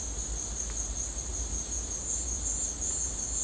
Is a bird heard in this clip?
no